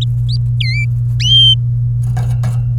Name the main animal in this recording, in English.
Domestic Canary